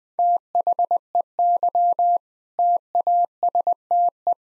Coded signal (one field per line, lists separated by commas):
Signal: Morse code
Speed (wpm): 20 wpm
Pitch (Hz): 700 Hz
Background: none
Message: THEY TASTE